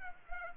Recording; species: mosquito wingbeat signal from an infrared sensor; Culex pipiens